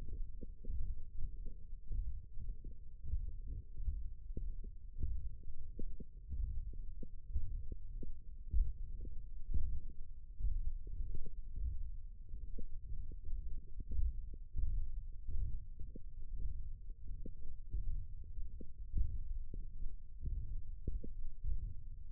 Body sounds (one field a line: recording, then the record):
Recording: forearm muscle sounds (acoustic myography)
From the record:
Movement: thumb flexion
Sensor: system 1, eight BSWA MPA416 microphones around the upper forearm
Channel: 6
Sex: female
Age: 21 years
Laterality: right